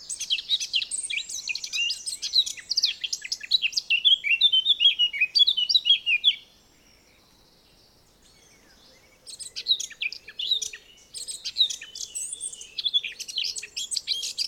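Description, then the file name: Eurasian blackcap song: rapid, varied warbling phrases of high chattering and whistled notes for about six seconds, a short pause, then another long fast burst. "Sylvia atricapilla"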